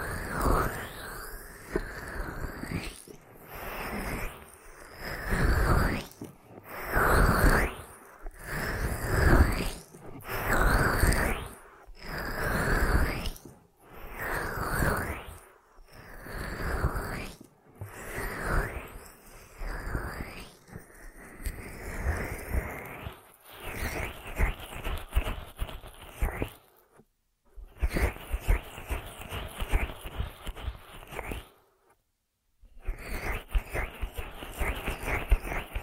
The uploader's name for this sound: 3D Ear Massage